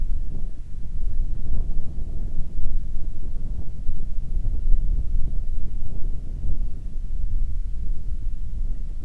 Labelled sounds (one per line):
bird
wind